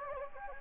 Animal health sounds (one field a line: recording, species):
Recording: mosquito wingbeat signal from an infrared sensor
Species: Anopheles gambiae